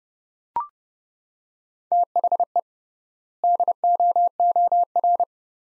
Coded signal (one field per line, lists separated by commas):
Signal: Morse code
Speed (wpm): 30 wpm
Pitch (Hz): 700 Hz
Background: none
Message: THE DOOR